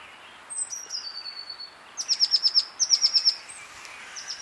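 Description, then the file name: Eurasian blue tit with a thin high sliding note, then two quick runs of five or six sharp high notes, and fainter chirps near the end. "Cyanistes caeruleus"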